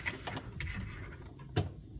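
A new ice bin thermistor is pushed into its plastic mounting bracket inside an under-counter ice maker, with faint handling rustles around it. It snaps into place with a short, sharp click at 0.6 s, and it is confirmed seated.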